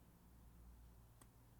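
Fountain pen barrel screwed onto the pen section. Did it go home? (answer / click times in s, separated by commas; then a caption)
yes / 1.2 s. The plastic barrel of a Kaweco Perkeo fountain pen in Breezy Teal is screwed closed onto the section holding the ink cartridge. Over a quiet, steady low hum, the last turn gives one faint, brief click at 1.2 s, and the barrel is locked in place.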